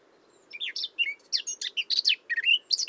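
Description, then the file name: Eurasian blackcap song starts after half a second: quick jumbled chatter mixed with bright whistled slurs, running steadily to the end. "Sylvia atricapilla"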